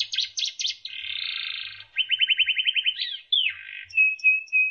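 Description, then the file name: Canary song with quick chirps, a buzzy sustained note, a fast even trill, then downslurred notes and a thin held whistle. Canary song used as isian, a training song for teaching other songbirds. "suara kenari isian omkicau"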